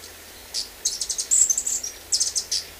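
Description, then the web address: Andean emerald giving a series of very high, thin, sharp chips in short irregular bursts, some closely spaced, over a quiet background. Ecuador. "Birds of Ecuador. Andean Emerald"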